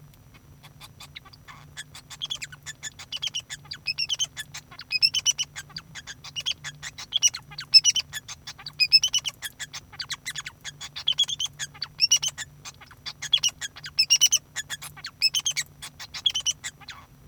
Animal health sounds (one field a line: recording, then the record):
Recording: song of a male Bengalese finch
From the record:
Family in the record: son of father 2